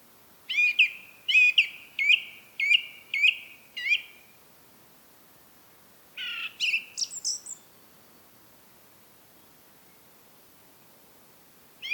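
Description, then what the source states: Song thrush song: one short whistled note repeated about six times in steady succession, then a higher varied phrase with thin piping notes, a pause, and the start of another phrase. Recorded at Rambjøra on 30 March 2023 with a Zoom recorder.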